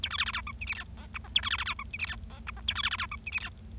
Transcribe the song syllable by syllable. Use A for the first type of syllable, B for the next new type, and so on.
A B C C D E F G H I J K A B C C D E F G H I J K A B C C D E F G H